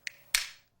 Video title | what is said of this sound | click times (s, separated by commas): Bezpečnostní nůž pro praváky i pro leváky | when the film cutter is properly secured the button will Elevate and will produce an audible clicking sound | 0.1 s, 0.3 s